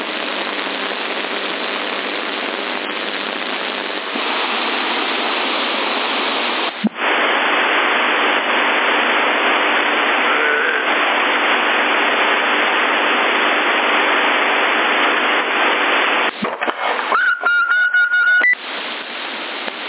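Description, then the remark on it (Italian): A loud, steady, drill-like appliance buzz drones without pause, broken only by a couple of short clicks and a brief sputtering shift near the end. No one speaks. “Sì, mica, c'ho il ronzio di questa, fa un paio di calore che sembra un trapano.”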